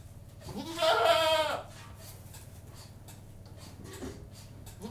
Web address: Sound Effects Library (Livestock) General atmosphere in goat-house, with milking machine in background